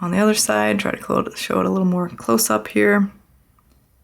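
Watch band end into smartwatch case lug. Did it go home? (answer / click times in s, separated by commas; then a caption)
no / none. Someone talks while handling the second end of a marine band on a white Galaxy Watch Ultra, lining the band end up with the smartwatch case lug close up. The speech stops around 3.1 s, leaving near silence with only a faint brief tick near 3.6 s. Nothing has seated or clicked yet.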